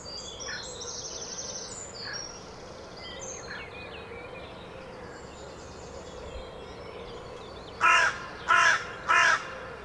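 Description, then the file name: Carrion crow calls as three short, harsh caws near the end, after a stretch of background noise with thin high-pitched chirps from other birds. "Corvus corone"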